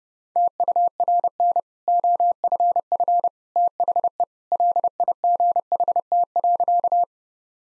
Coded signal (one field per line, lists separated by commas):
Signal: Morse code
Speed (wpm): 30 wpm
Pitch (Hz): 700 Hz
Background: none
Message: TURN OFF THE LIGHT.